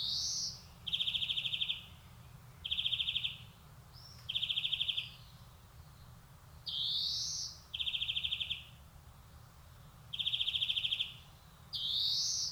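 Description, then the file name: European greenfinch mixing buzzy rising wheezes with short dry trills, phrases repeated throughout. "Chloris chloris"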